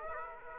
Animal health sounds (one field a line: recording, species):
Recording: mosquito wingbeat signal from an infrared sensor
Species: Aedes aegypti